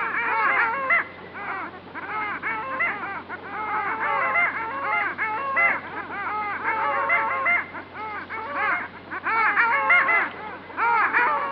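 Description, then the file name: Long-tailed ducks calling together, dense bursts of nasal, arching yodel-like notes with short pauses between the bursts. "Digiffects Sound Effects Library - Long Tailed Duck"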